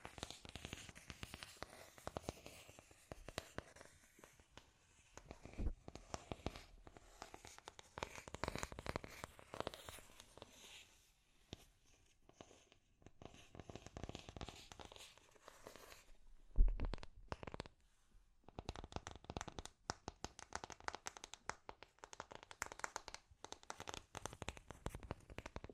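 Scratchy tapping in dense, irregular bursts of dry clicks and scrapes, with brief quiet gaps near 10 and 17 seconds and one sharper knock.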